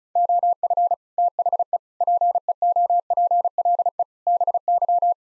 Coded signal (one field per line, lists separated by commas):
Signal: Morse code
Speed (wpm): 36 wpm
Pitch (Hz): 700 Hz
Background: none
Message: OF THE PEOPLE BY